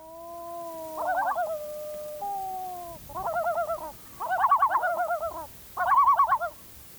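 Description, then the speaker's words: Yellow-billed Loon calls, long level wails overlapped and followed by several bursts of rapid, wavering tremolo notes. A pair announcing its territory on a lake just south of Teshekpuk Lake, Teshekpuk Lake Special Area, on the tundra. "This is a pair announcing its territory on a lake just south of Teshekpuk Lake in the Teshekpuk Lake Special Area."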